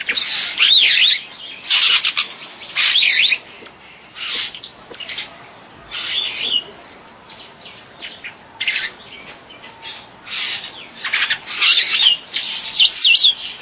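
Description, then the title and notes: Bird chirping in repeated rough bursts, with brief quieter gaps between phrases. "Bird Sound. Kicau Burung Lengkap"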